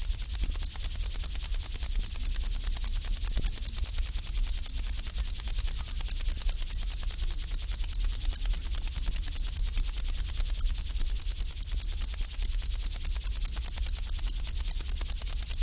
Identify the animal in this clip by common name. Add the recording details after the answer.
Upland Field Grasshopper. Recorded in the wild. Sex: male. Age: imago. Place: Lübars, Berlin, DE. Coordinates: 52.6167, 13.35. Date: 1998-09-20 12:21. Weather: heiter, 20°C. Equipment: Marantz CP 430, Sennheiser ME 80, Kopie Uher 4000 Report Monitor. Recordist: Tembrock, Günter